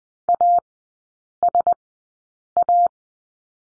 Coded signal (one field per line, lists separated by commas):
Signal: Morse code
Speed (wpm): 20 wpm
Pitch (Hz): 700 Hz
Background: none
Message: A S A